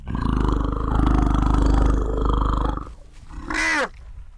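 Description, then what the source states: African elephant, a deep harmonic roar held for nearly three seconds, then a short, high squeal after a brief pause. Orphaned infant elephants at an elephant nursery in Nairobi National Park, Kenya.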